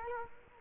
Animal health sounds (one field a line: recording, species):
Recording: mosquito wingbeat signal from an infrared sensor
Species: Culex quinquefasciatus